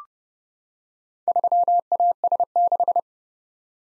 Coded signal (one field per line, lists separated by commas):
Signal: Morse code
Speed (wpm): 30 wpm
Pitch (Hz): 700 Hz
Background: none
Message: 3AS6